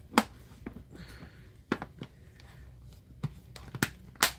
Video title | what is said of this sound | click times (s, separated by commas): DivineCre8tions is live! Valentines Recap and first Easter concept | There we go. When you hear them snaps, you got it. | 3.8 s, 4.2 s